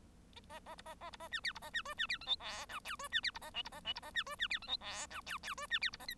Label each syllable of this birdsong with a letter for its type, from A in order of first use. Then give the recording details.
A A B A A B A C D B A C E C D F G H I J E C D B A K B A K B A C E C D F G H I J J E C D B A L. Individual Bird1